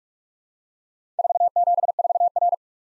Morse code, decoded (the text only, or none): 474R